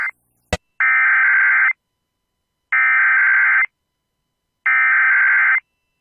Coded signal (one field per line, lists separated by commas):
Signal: Emergency Alert System (SAME) tones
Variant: header bursts